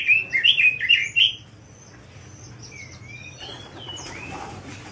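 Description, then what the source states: Bird giving a loud, fast cluster of warbled chirps in the first second and a half, followed by soft, thin high whistles. Masteran song style.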